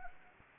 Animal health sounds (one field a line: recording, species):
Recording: mosquito wingbeat signal from an infrared sensor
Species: Anopheles arabiensis